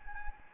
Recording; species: mosquito wingbeat signal from an infrared sensor; Anopheles gambiae